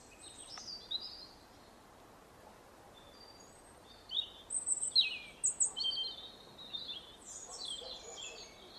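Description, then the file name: European robin, soft high twittering notes early, then a clearer burst of thin, tinkling song phrases midway, with background hiss. "Erithacus rubecula"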